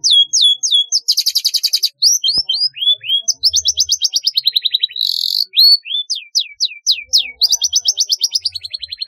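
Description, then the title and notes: Long-tailed shrike song: loud, varied run of sweeping downslurred whistles, rapid buzzy trills and harsh rattles, phrases changing every second or so, with brief low thumps. "Kicau Burung Cendet"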